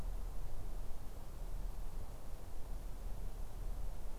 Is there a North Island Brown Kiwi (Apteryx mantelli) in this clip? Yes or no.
no